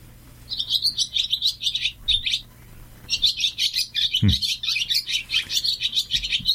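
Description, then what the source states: Barn swallows singing: rapid, chattering twitters and warbles in dense bursts, with a brief pause between two long phrases and a soft low thump midway. Swallows singing, commonly heard and not appreciated.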